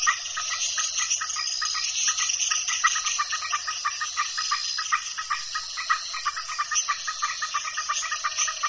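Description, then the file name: Frogs call in a dense chorus of rapid, pulsing notes, with a steady high insect whine running underneath throughout. El Cuyo, Mexico; at dusk; frogs calling together with insects. "El Cuyo MX Frogs And Insects At Dusk"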